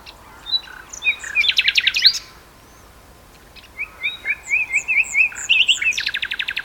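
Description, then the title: Common nightingale song, a burst of rising notes, a pause, then a run of repeated upslurred whistles ending in a rapid rattle. Two nightingales singing in duet on Westleton Heath. "sanderson-sanderson-hc nightingale-duet-on-westleton-heath"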